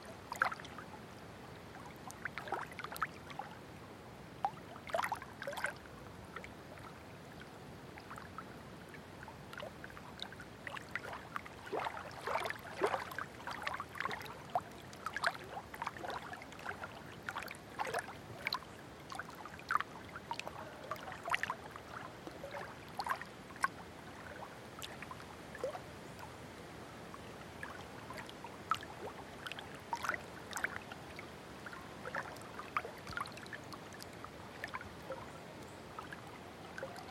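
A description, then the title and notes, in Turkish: At a lakeshore, small waves lap and splash steadily with frequent sharp watery clicks over a soft, continuous low wash throughout. Göl kıyısında bir gölgelik buluyoruz ve doğaya kulak veriyoruz. Enis Çakar tarafından, Vadi Ses Kütüphanesi için kaydedilmiştir.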